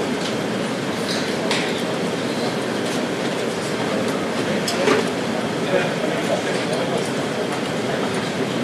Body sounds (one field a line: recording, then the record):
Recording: background sound without coughing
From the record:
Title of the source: Office Sounds Ambience - Background Noise for Study and Work